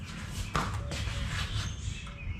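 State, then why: Seated. A replacement marker light housing near the headlight of an RE Himalayan motorcycle is tightened until it clicks into place. A sharp click sounds at 0.6 s, followed by a second, longer sharp hit at 0.9 s over steady low background noise. The housing is seated.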